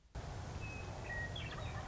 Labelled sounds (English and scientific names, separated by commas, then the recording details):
Western Meadowlark (Sturnella neglecta)
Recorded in Sonoma County, California